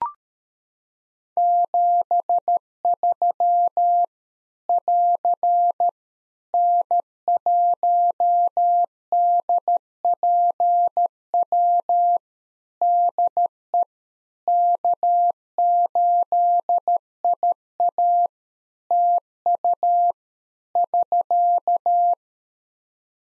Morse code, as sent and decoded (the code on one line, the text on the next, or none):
--... ...-- / .-.-. / -. .---- -.. .--. .-- / -.. . / -.- ---.. .. .- / - ..- / ...-.-
73 <AR> N1DPW DE K8IA TU <SK>